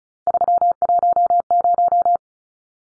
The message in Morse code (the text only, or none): 310